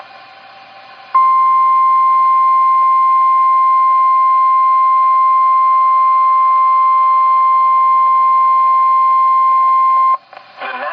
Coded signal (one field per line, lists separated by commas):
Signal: Emergency Alert System (SAME) tones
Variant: 1050 Hz attention tone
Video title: National Weather Service SEVERE THUNDERSTORM WARNING (EAS) for Ellis/Dallas County TX. 12/26/18